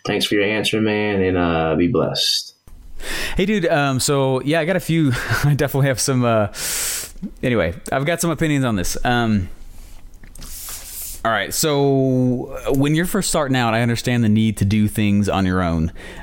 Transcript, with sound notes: Thanks for your answer, man and be blessed." Hey, dude, so yeah. I got a few. I definitely have some, (sharply inhales) anyway. I've got some opinions on this. All right, so when you're first starting out, I understand the need to do things on your own